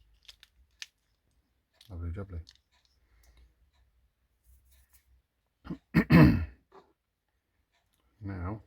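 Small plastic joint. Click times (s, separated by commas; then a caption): 0.8 s. The plastic leg of a 1993 Megazord Deluxe Tyrannosaurus toy being refurbished is pushed back in its quick-release joint after the quick release is lifted, as a test. A few faint ticks lead to a sharp click at 0.8 s as the quick release clicks open and the leg is released. Someone then talks.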